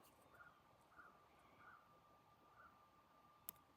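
The blade of a mechanical broadhead is pushed forward and springs back into its locked position in the cleaned-out locking groove on the ferrule. Over a quiet background with a faint steady tone and a few soft chirps, a single sharp, brief click sounds at 3.5 s. The blade is relocked and seated.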